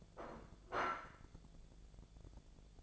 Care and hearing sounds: daily activity, microphone in the room; place plate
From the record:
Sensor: 5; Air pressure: 1000.3 hPa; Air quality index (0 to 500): 123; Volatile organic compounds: 2 ppm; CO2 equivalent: 980 ppm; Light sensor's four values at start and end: 94/224/95/102 and 95/224/95/102

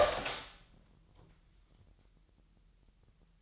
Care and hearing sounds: daily activity, microphone in the room; open door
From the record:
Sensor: 3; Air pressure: 998.4 hPa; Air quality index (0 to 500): 141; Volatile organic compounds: 4 ppm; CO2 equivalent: 1691 ppm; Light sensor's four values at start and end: 16/46/18/17 and 16/46/18/17

